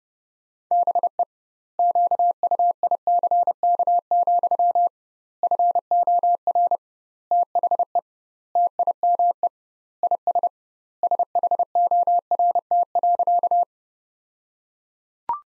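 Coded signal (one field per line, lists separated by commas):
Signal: Morse code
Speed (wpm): 32 wpm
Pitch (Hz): 700 Hz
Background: none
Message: BE QUICK, FOR THE TIME IS SHORT.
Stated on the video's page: Morse Code Ninja practice: sentences from the top 500 words at 30 wpm with double standard word spacing, a word-based approach analogous to Farnsworth.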